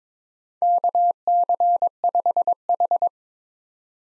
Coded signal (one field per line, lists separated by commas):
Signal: Morse code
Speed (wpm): 21 wpm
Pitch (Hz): 700 Hz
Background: none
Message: KC5H